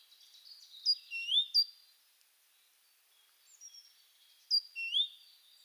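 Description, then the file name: Great tit giving bright, sharp, rising whistled notes mixed with thin high tones, in a cluster near the start and another about three and a half seconds later. "Parus major"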